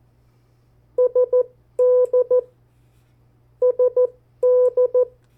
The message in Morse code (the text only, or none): SD SD